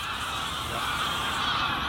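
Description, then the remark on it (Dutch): A dense chorus of hundreds of greylag geese honking in flight as they leave a polder, many overlapping nasal calls forming a steady, loud wall of sound with no pauses and no talking. “Ondertussen stroomt de polder leeg met grauwe ganzen.”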